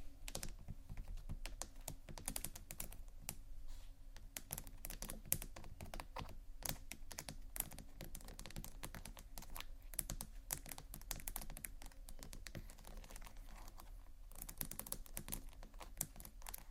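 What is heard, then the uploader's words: Fingertips tap and scratch on textured bags in a quick, irregular stream of crisp clicks that sounds almost like typing. The taps are bright, dense throughout with brief thinner moments, over a faint steady low hum. ASMR TEXTURED BAGS TAP & SCRATCH (No Talking).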